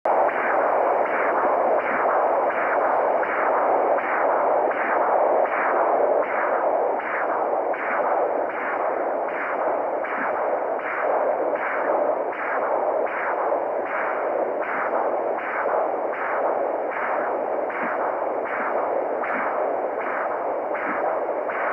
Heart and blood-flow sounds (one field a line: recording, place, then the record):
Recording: Doppler ultrasound of blood flow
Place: carotid artery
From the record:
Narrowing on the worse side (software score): occlusion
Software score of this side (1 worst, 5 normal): 1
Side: left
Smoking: never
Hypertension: yes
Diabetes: type 2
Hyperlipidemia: controlled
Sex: female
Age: 46 years